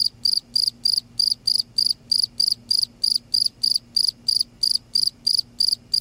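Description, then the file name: Cricket chirping, high buzzy chirps repeated about three times a second at a steady pace, soft low hum beneath. "cricket insect sound silence"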